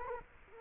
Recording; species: mosquito wingbeat signal from an infrared sensor; Culex quinquefasciatus